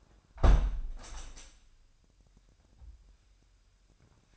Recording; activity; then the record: daily activity, microphone in the room; close window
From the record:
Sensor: 2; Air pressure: 997.8 hPa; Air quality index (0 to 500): 136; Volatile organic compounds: 3 ppm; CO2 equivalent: 1532 ppm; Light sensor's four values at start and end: 11/31/12/12 and 11/32/13/12